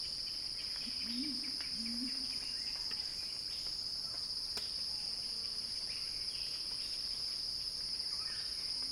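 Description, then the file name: Steady high cicada drone throughout, with a pair of low wavering notes near the start. Cicada recording titled Cicada Crescendo, by Axel Drioli for Earth.fm. "earth-fm Axel-Drioli Cicada-Crescendo-Sounding-Wild"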